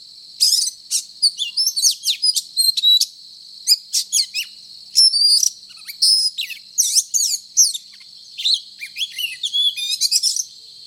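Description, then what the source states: Oriental magpie-robin song of quick staccato chirps and short whistled flourishes, nearly nonstop, over an unbroken insect-like high whine. Indonesian name kacer; described as gacor, meaning singing vigorously and continuously.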